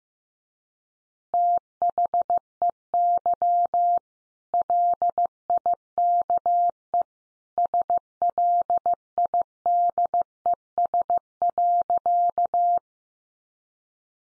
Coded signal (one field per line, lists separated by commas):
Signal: Morse code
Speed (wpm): 15 wpm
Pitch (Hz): 700 Hz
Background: none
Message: THEY LIKE SLIDES.